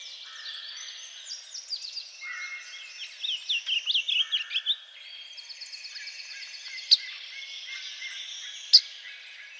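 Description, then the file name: Blue grosbeak song, a rapid warbled phrase of bouncing notes, set among steady high trills and occasional sharp clicks. "Blue Grosbeak - Passerina caerulea"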